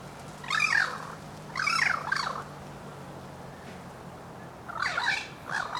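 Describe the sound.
Bird giving harsh, squawky harmonic calls, several separate cries with gaps between them, over a low steady hum.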